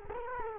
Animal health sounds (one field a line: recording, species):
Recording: mosquito wingbeat signal from an infrared sensor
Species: Culex quinquefasciatus